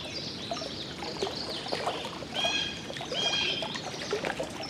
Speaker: Here comes a blue jay. Hear that loud, harsh cry?